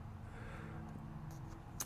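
A reusable plastic grip-lock cable tie is released from its locking head by pulling its release tab. Over a steady low rumble, a single sharp snap at 1.8 s marks the tie coming open.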